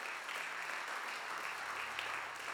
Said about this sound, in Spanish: Dale palmas al Señor.